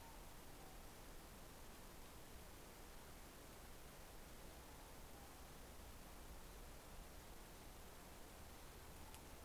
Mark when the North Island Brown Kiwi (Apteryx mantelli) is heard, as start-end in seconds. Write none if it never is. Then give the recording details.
none. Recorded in New Zealand on 10 December 2013. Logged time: 02:28. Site DE65